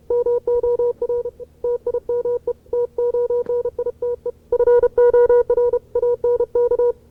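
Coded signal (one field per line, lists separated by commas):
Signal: Morse code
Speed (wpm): 32 wpm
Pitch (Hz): 480 Hz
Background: none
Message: MOR TIME TONITE FOR ANK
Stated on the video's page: Archival CW contact from 1970.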